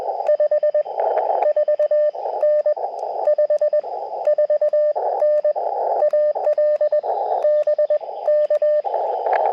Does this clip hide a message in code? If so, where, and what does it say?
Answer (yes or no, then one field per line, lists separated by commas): yes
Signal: Morse code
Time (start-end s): 0.3-8.8 s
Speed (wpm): 20 wpm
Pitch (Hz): 600 Hz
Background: radio noise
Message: 54N 54N AL BK